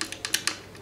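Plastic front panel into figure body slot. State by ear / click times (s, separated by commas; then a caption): not seated / none. A wobbly plastic front panel in front of the legs of a transforming robot figure is handled and pushed toward the figure's body slot, making five short, light plastic ticks at about 0.0, 0.1, 0.3, 0.4 and 0.5 seconds. The slot does not catch, and the panel has not snapped in.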